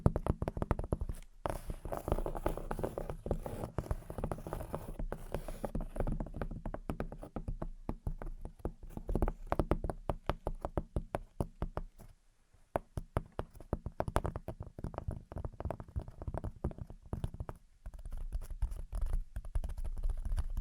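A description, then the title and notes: Gentle tapping and scratching in dense, quick, irregular bursts, with a low steady hum underneath and a brief near-silent pause around twelve seconds. Gentle Tapping and Scratching. (No Talking).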